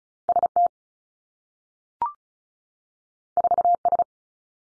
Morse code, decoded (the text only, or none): S T 4 S